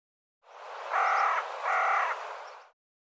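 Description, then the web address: Bird giving a pair of harsh, nasal caws in quick succession. "cianscape birddata Deverinetal 2025 File cleaned normalized Bird"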